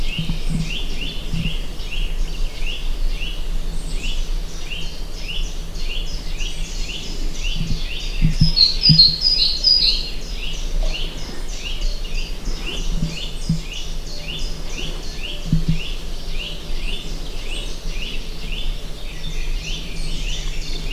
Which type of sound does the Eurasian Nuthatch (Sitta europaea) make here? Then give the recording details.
call. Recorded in the wild. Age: adult. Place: Krüseliner Mühle, Feldberger Seenlandschaft, Mecklenburg-Vorpommern, DE. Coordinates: 53.2711, 13.4233. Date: 2000-05-27. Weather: clear, 15°C. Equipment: Sony TCD-D8, Telinga Pro 5. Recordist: Frommolt, Karl-Heinz